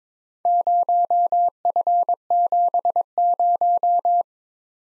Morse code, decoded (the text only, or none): 0F70